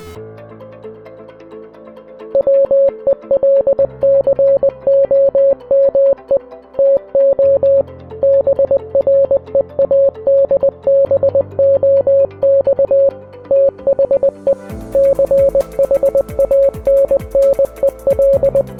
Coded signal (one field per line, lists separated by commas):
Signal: Morse code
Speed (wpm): 20 wpm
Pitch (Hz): 550 Hz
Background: music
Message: WELCOME TO BREADBOX THE CHANNEL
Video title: Commodore 64 RAMBO FIRST BLOOD II Hidden Easter Egg (2020)